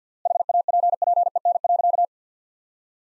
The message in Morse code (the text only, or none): HAPPEN.